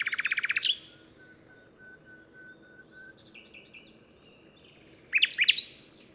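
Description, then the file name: Common nightingale song opening with a fast trill, followed by long pure whistled notes and ending with loud harsh chirps. "Luscinia megarhynchos"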